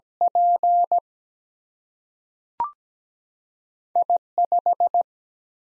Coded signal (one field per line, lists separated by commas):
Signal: Morse code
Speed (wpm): 17 wpm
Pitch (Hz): 700 Hz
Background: none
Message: P I5